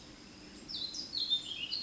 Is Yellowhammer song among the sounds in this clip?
no